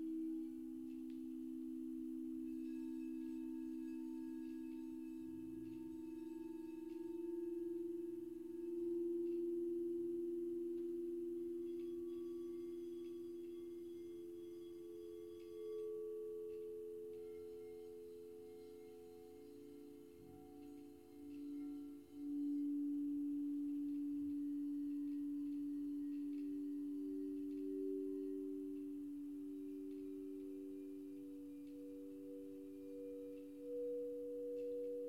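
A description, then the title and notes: Crystal singing bowls ring in a sustained, overlapping drone, with strong low-middle tones that swell and shift in pitch every few seconds. Thin higher overtones shimmer and fade above them, and the sound stays continuous throughout, with no pauses. Crystal Bowl Sound Bath. 主持人思葒親自演奏水晶缽療癒音樂.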